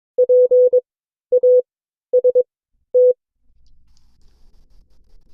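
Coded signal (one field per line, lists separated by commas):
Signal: Morse code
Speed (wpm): 22 wpm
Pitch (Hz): 500 Hz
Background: none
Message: PAST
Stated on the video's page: Morse class session from an amateur radio club.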